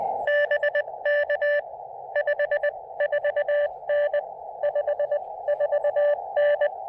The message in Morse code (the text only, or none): BK 54N 54N